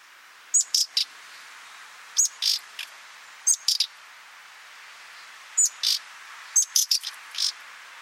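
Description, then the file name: Common nightingale calling repeatedly: a thin high whistle followed by two or three harsh, scratchy bursts, the group repeating every one to two seconds. "Luscinia megarhynchos"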